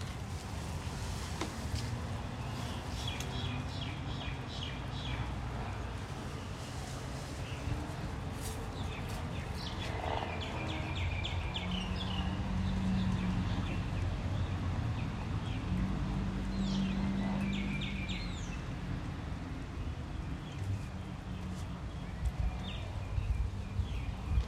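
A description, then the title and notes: Bees buzz in a backyard under a steady low hum, a buzz swelling twice midway while birds chirp repeatedly. Resevoir, Victoria. Bees () in the backyard of her Reservoir home.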